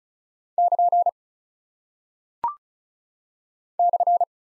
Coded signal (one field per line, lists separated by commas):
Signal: Morse code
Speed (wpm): 36 wpm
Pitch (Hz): 700 Hz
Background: none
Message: <KN> /